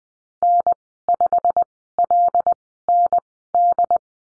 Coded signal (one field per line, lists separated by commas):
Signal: Morse code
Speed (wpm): 20 wpm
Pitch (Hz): 700 Hz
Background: none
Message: N5LND